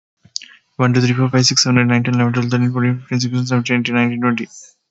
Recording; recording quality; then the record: counting at a fast pace; excellent, no background noise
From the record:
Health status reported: healthy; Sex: male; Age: 30 years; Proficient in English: yes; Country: India